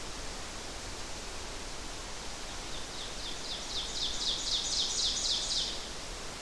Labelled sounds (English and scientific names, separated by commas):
Ovenbird (Seiurus aurocapilla) song